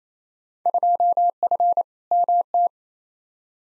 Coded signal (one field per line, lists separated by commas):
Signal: Morse code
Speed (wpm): 27 wpm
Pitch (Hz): 700 Hz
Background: none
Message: 2F MT